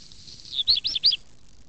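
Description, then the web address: Redstart giving a brief burst of a few quick high warbled notes over near silence. "zvuky rehek"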